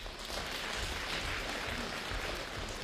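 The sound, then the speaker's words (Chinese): Steady audience applause at a crosstalk (xiangsheng) performance at Peking University, a dense wash of many hands clapping at an even level for about three seconds, with no voices over it. “谢谢， 谢谢您的掌声。”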